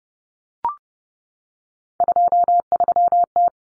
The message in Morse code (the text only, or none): 23T